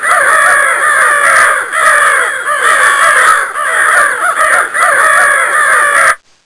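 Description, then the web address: Birds calling in a dense, harsh chorus of overlapping raspy caws that continues without pause, then stops abruptly. "Soundsation. Animals Birds"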